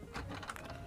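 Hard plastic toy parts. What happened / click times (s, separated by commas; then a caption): Plastic parts handled, not yet locked in place / none. Someone handles a large plastic transforming robot figure, pulling its limb panels down toward their locked transformation position, with soft plastic rubbing and a couple of small sharp ticks. Nothing has seated or clicked into place yet.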